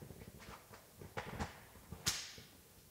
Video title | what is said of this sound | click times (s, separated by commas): Rolling Interview Stand Upgrades | so switch it back I heard that good snap | 2.1 s